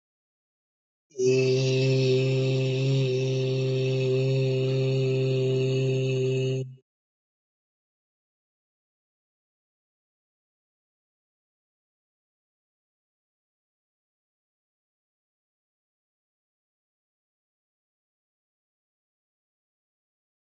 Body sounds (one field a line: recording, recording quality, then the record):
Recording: sustained vowel as in beet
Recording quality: excellent, no background noise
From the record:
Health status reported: healthy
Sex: male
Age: 26 years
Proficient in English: yes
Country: India